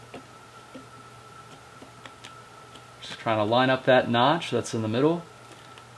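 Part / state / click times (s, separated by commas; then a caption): RAM module into motherboard DIMM slot / partly seated / 5.8 s. A second RAM module is lined up by its middle notch and pressed into a motherboard DIMM slot while someone talks. A short click at 5.8 s marks one side seating, and the other side of the stick is still to be pressed in.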